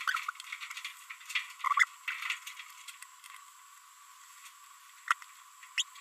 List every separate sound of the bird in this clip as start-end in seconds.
0.01-0.30, 1.64-1.85, 5.08-5.13, 5.78-5.83